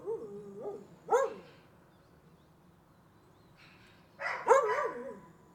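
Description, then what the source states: Dog whining, then a sharp bark near the start, a pause, then a burst of barks near the end. More than one dog barking.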